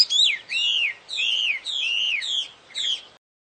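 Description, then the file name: Chinese hwamei giving about six loud downslurred whistled phrases, each sweeping from high to lower pitch, spaced roughly half a second apart. Wild bird singing in the wild. "audio-kicauan-burung-hwamei-di-alam-liar -omkicau"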